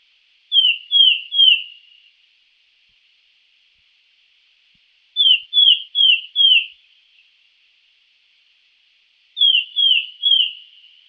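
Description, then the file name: Sultan tit repeating ringing, downslurred whistles in brisk groups of three or four, about every four to five seconds, in an otherwise quiet setting. "melanochlora sultanea"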